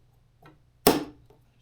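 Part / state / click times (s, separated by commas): fuel line quick connector onto motorcycle fuel tank outlet / seated / 0.9 s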